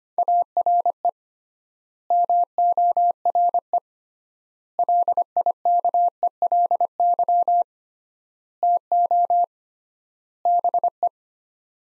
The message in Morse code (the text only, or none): ARE MORE LIKELY TO BE